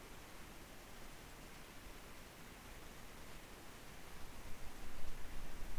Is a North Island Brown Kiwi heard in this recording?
no